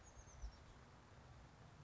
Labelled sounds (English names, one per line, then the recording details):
Oak Titmouse
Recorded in Sonoma County, California